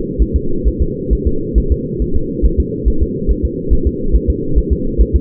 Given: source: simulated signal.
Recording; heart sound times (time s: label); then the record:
fetal heart sounds
0.22 s: S1
0.36 s: S2
0.67 s: S1
0.82 s: S2
1.13 s: S1
1.27 s: S2
1.58 s: S1
1.72 s: S2
2.02 s: S1
2.16 s: S2
2.45 s: S1
2.60 s: S2
2.88 s: S1
3.02 s: S2
3.31 s: S1
3.45 s: S2
3.73 s: S1
3.87 s: S2
4.15 s: S1
4.30 s: S2
4.58 s: S1
4.73 s: S2
5.01 s: S1
5.16 s: S2
From the record:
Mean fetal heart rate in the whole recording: 135 bpm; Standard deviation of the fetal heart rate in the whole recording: 3 bpm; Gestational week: 34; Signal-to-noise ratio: -8.1 dB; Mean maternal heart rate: 72 bpm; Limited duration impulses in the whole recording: absent